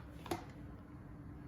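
A plastic lid is handled on a dough proofing container, and a single dull thunk comes at 0.3 s above a low hum. Nothing has seated or clicked yet; the lid only sits closed without clicking in.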